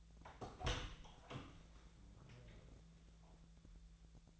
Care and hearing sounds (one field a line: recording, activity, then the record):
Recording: daily activity, microphone in the room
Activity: open door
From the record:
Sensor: 3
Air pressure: 1000.5 hPa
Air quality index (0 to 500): 180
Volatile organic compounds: 4 ppm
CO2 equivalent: 1566 ppm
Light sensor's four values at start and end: 13/30/13/13 and 13/30/13/13